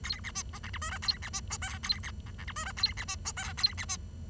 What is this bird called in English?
Bengalese Finch